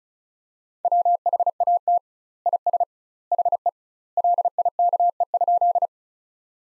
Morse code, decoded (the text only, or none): WHAT IS HE LIKE?